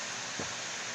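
A prosthetic leg is being pushed into its socket lock while it is put on, heard over a steady broadband hiss with a faint soft bump around 0.4 s. Nothing has seated or snapped on yet.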